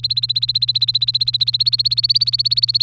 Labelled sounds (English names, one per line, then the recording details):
Domestic Canary song
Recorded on 3 May 2018 at 12:20
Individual llb3